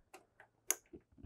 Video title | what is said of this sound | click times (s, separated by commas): HOW TO REPLACE A LASER TUBE ON EPILOG FUSION EDGE | and slide it together until it clicks | 0.7 s